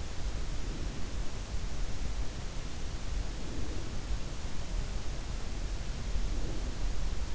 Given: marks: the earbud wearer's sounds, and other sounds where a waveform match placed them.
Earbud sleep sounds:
sounds in sleep by an in-ear microphone; breath
0.39-1.28 s: breath
3.13-4.54 s: breath
6.21-7.21 s: breath

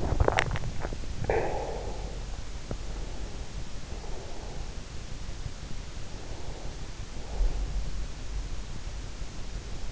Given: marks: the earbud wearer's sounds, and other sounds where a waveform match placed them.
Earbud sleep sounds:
sounds in sleep by an in-ear microphone; swallowing, breath
0.00-0.90 s: swallowing
1.10-2.33 s: breath
2.75-4.80 s: breath
6.03-7.89 s: breath

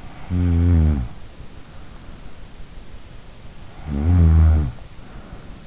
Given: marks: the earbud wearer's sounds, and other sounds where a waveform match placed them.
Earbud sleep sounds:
sounds in sleep by an in-ear microphone; snoring breath
0.18-1.21 s: snoring breath
3.87-4.79 s: snoring breath

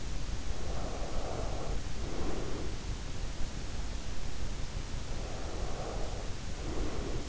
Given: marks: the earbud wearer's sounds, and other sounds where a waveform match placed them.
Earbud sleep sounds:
sounds in sleep by an in-ear microphone; breath
0.04-2.73 s: breath
4.78-7.29 s: breath

